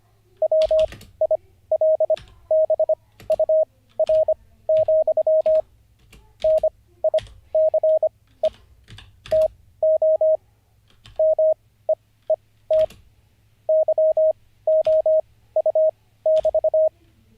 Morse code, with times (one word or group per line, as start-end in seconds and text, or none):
0.4-5.6 WILBUR,
6.4-8.5 NICE
9.3-10.4 TO
11.2-12.8 MEET
13.7-16.9 YOU<BT>